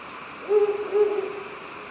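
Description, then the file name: Ural owl call of two low even hoots in quick succession, the second stretched and fading, soft background hiss. "fukuro"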